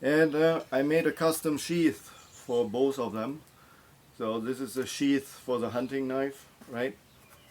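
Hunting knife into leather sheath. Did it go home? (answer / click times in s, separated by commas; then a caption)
no / none. A hunting knife and its custom-made leather sheath are handled while someone talks, with quiet gaps between phrases. The knife is meant to snap right into the sheath and not fall out, but nothing has seated or clicked yet by the end of the clip.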